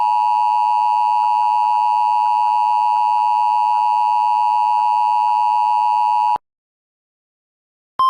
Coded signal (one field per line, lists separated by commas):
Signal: Emergency Alert System (SAME) tones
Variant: 853 and 960 Hz attention tone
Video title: TORNADO AWARENESS WEEK REQUIRED WEEKLY TEST - PLUS NOAA WXM20 REQUIRED WEEKLY TEST CAPTURE!!!